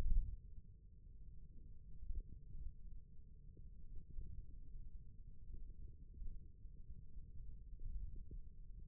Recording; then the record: forearm muscle sounds (acoustic myography)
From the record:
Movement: thumb flexion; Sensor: system 1, eight BSWA MPA416 microphones around the upper forearm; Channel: 1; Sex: male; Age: 28 years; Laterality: right